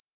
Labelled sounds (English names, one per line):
Black-throated Blue Warbler flight call